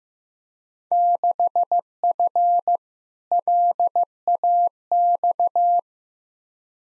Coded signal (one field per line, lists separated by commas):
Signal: Morse code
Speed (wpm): 16 wpm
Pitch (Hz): 700 Hz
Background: none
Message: 6F LAX